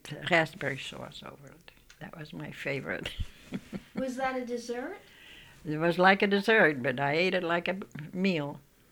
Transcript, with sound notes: raspberry sauce over it. That was my favorite. ( she laughs )
Was that a dessert?
It was like a dessert, but I ate it like a meal.